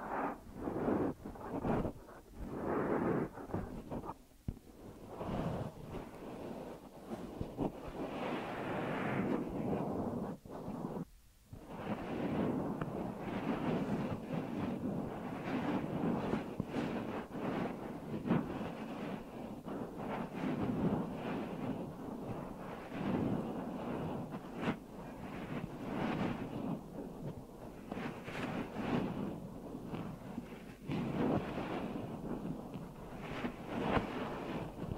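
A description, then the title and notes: Deep ear massage sounds: dense, muffled rubbing and rustling that swells and shifts continuously, with a brief lull around eleven seconds. ASMR Deep Ear Massage for Sleep(No Talking).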